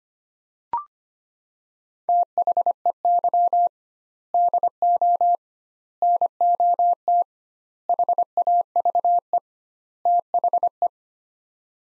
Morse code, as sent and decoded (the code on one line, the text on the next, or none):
- .... . -.-- / -.. --- / -. --- - / .... .- ...- . / - .... .
THEY DO NOT HAVE THE